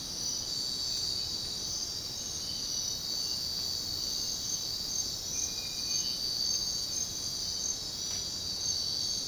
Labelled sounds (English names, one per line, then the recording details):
none
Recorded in secondary vegetation near Puerto Asís, Putumayo, Colombia, on 13 March 2025 at 05:00
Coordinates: 0.484, -76.319
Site G010